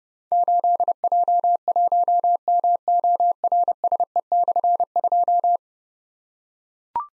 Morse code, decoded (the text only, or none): 8J1MORSE/2